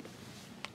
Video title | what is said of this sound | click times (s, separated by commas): Nightmare Harvester - Wolfman Reviews | it's not velcro or anything it actually locks into place there on the bottom which is really cool | 0.6 s